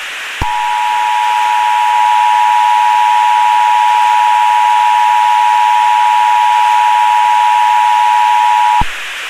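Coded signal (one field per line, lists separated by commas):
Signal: Emergency Alert System (SAME) tones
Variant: 853 and 960 Hz attention tone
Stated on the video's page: Valid EAS tones from a failing cable box EAS interface.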